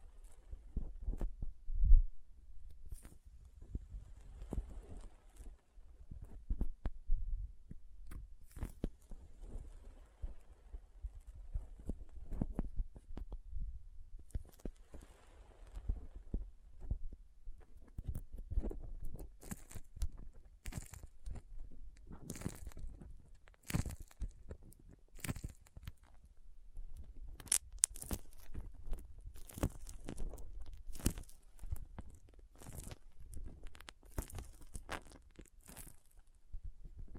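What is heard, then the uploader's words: Soft handling of something sticky and squishy, with crinkles and small cutting snips. Quiet and sparse for the first half, then busier after about 18 seconds with frequent sharp crackly pops and tearing bursts over a low, dull thumping underneath. Soft Squishy Sticky, Crinkle, Cutting Sounds (No Talking).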